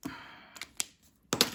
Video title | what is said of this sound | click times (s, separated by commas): Gnome for Christmas Cards 2020 | And these, you can hear the click. They click right in there. | 1.3 s